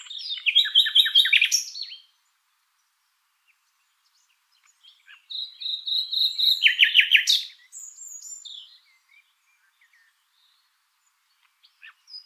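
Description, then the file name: Common nightingale song: two loud phrases of rapidly repeated throbbing notes separated by several seconds of near silence, with faint scattered high notes. "Luscinia megarhynchos"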